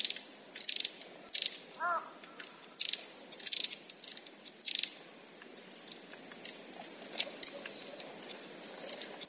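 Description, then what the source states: Long-tailed tit calls, high thin sharp notes and short buzzy bursts repeated about every second, with one brief lower harsh call from another bird early on. Recorded at Uchiurayama Prefectural Forest, Kamogawa, Chiba Prefecture, Japan.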